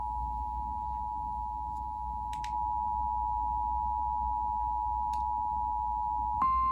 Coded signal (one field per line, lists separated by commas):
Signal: Emergency Alert System (SAME) tones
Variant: 853 and 960 Hz attention tone